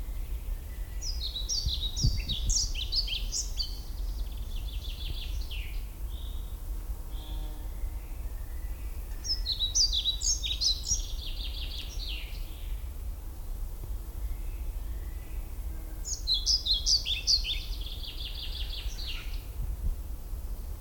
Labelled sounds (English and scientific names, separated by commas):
Common Chaffinch (Fringilla coelebs) song